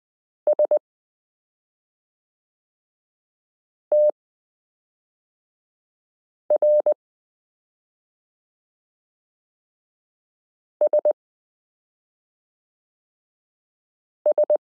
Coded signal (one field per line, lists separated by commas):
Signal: Morse code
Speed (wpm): 20 wpm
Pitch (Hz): 600 Hz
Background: none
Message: STR SS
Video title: Morse Code Listening Lesson 9 - m k r s u a p t l o